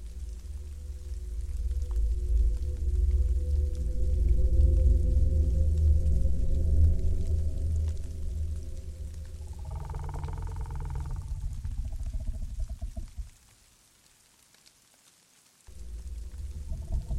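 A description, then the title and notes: Deep wind roars steadily through a dark winter forest, with groaning tree creaks swelling around ten seconds, then a brief lull before wind returns. Dark winter forest ambience. Deep in a dark winter forest surrounded by tall trees, the naked branches extend like creepy hands against the falling snowflakes. You can hear sound of howling wind, creaking groaning trees.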